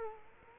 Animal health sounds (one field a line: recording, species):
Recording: mosquito wingbeat signal from an infrared sensor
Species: Culex quinquefasciatus